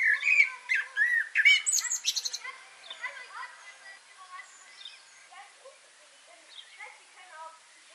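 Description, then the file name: Common blackbird song: loud fluted warbling phrases with high squeaky twitters over the first two seconds or so, then quieter warbled phrases continuing. "Turdus merula"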